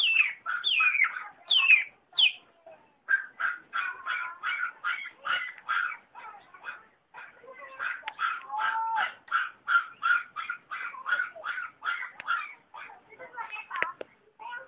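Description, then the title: Long-tailed shrike song: a few sweeping whistled notes, then a long, fast series of short scratchy chips and rattles, repeated steadily with brief pauses. Combination song style (kombinasi). "Cendet Kombinasi"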